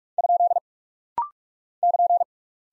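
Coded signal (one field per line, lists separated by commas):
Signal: Morse code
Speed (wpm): 46 wpm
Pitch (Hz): 700 Hz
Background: none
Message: ? <KN>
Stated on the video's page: Rapid-fire 45 wpm practice drill of punctuation and prosign characters for head-copy, each sent, spoken, then sent again.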